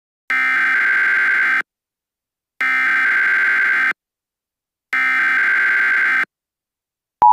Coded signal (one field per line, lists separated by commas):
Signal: Emergency Alert System (SAME) tones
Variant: header bursts